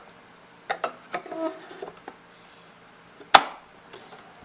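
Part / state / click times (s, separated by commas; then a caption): 2.5-inch hard drive into docking station slot / seated / 3.3 s. A 2.5-inch hard drive, formerly from a PlayStation 3, is handled with a few light clicks and knocks, then given a firm push into the slot of a KDLinks USB 3.0 hard drive docking station again. It seats with a sharp little snap at 3.4 s, followed by a faint tap.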